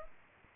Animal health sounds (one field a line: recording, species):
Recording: mosquito wingbeat signal from an infrared sensor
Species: Aedes aegypti